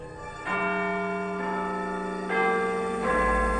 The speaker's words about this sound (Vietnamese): Đồng hồ điểm 12 giờ đêm, mọi thứ bắt đầu.